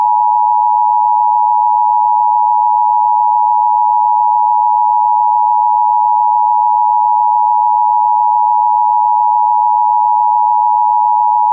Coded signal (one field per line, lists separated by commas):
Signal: Emergency Alert System (SAME) tones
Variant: 853 and 960 Hz attention tone